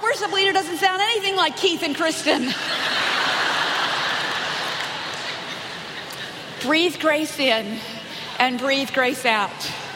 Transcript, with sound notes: Our worship leader doesn’t sound anything like Keith and Kristyn.” (laughter) Breathe grace in and breathe grace out.